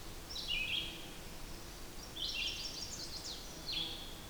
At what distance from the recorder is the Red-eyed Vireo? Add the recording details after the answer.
about 35 m. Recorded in boreal forest in Alberta, Canada, on 8 June 2016 at 07:57. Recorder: SongMeter 3, array SBT-3-9. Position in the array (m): 12 m, 115 m